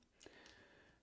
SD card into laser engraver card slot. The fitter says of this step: also lasst den Laser ausgeschaltet schiebt die SD-Karte hier rein klickt die also ihr müsst einfach ganz kurz drücken damit sie einrastet